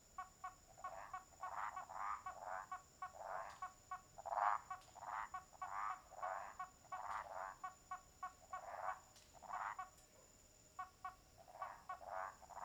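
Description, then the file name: Toads croaking in overlapping raspy bursts, interspersed with crisp ticking clicks, while a continuous high-pitched insect drone persists throughout. Toads at a lake at nightfall, with crackling wood, crickets and distant cicadas. "Sapos no lago inicio da noite com estalos de madeira, grilos e cigarras longe"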